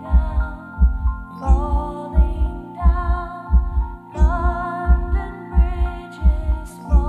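A steady, regular adult heartbeat at about 88 beats per minute, with the tune London Bridge playing over it as a soothing sound to help a baby sleep.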